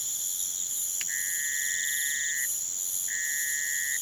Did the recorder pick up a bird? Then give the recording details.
no. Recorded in pastures near Puerto Asís, Putumayo, Colombia, on 27 June 2025 at 03:30. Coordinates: 0.486, -76.323. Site H29